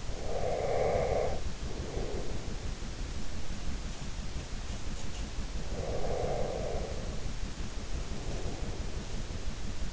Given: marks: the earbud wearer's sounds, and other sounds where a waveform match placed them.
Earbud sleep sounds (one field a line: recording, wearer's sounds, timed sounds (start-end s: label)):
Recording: sounds in sleep by an in-ear microphone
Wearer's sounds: breath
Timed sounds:
0.00-2.37 s: breath
5.68-8.91 s: breath